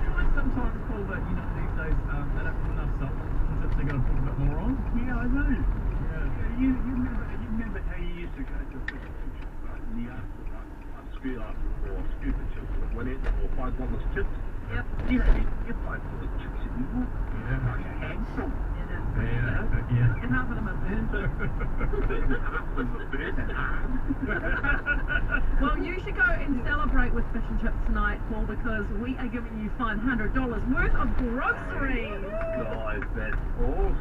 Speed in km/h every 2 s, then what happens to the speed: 49, 46, 43, 39, 36, 37, 38, 41, 47, 50, 52, 51, 50, 50, 50, 49, 48.
0-8 slows to 36. 8-13 steady at about 37. 13-20 speeds up to 52. 20-34 steady at about 50.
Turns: 6-15.